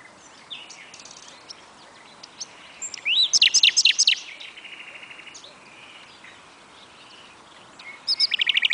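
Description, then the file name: Common nightingale song with a loud burst of steep rising notes, a fast even trill, a quiet gap, then another rapid repeated-note series near the end. "Luscinia megarhynchos"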